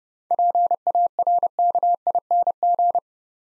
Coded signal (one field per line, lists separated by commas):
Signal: Morse code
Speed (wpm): 29 wpm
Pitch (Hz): 700 Hz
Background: none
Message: PARKING